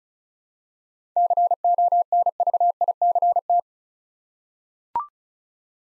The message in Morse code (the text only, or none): CONVICT